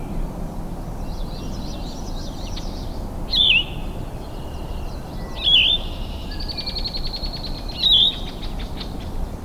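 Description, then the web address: Yellow-throated vireo singing burry two-part slurred phrases repeated about every two seconds, three in all, with a high buzzy trill in the background. Recorded in Michigan on 23 May 2008. "Michigan Bird Songs Vireo flavifrons"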